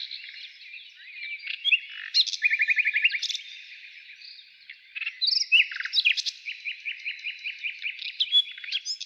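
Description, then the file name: Nightingale song: varied whistles and sharp notes, with a fast even run of repeated clicks near two seconds and another rhythmic series near six seconds. Heard in the morning. "Utro i solovey"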